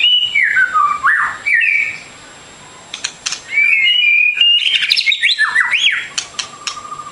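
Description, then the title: Bird song opening with falling whistled notes, then a pause, then a busy run of sharp chirps and clear whistles. Complete masteran birdsong for training. "Kicau Burung Masteran Lengkap"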